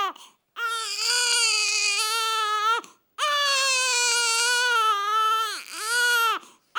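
A baby cries in two long, steady wails of about two and a half seconds each, then starts a shorter third one, with quick breaths between them. The cry is high-pitched and clear, with a slight rise and fall.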